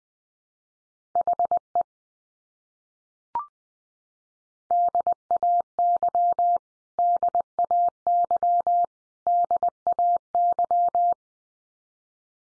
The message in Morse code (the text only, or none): HE DAY DAY DAY